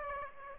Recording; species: mosquito wingbeat signal from an infrared sensor; Aedes aegypti